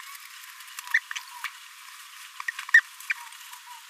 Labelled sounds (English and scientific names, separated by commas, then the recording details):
Green-rumped Parrotlet (Forpus passerinus) babbling
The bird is a male
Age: 26 days
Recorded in a nest box in Venezuela
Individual 17B42A3